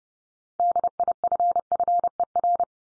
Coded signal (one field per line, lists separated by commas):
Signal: Morse code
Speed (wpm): 30 wpm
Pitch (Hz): 700 Hz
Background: none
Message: DIFFER